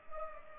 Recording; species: mosquito wingbeat signal from an infrared sensor; Culex pipiens